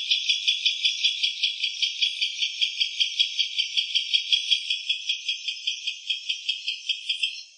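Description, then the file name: Barn owl giving a harsh, hissy rasping call, rapidly pulsing and held steadily until it tails off at the very end, with no other sounds. In Loreto in February 2010. "Loreto-Corr -Lech -de-campanario"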